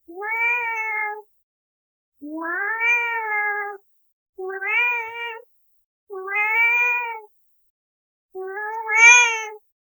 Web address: cat